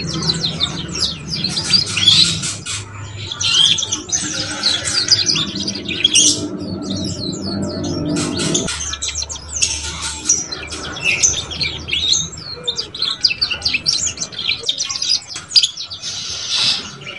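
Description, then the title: Belgian canary song, dense high chirps and twitters in rapid bursts with short trills, nearly continuous, with a low hum in the first half. Belgian canary song used to warm up and stimulate young canaries to start singing and chirping quickly. "Canto Para Esquentar Canário Belga. SUARA KENARI PAUD CUIT CUIT BELAJAR BUNYI - pancingan kenari paud muda agar cepat bunyi dan ngeriwik"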